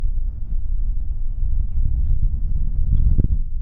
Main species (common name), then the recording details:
House Finch. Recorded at Neponsit on Long Island, New York, on 4 June 1975. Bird A